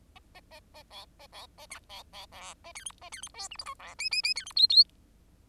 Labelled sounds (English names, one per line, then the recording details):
Bengalese Finch song
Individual Bird10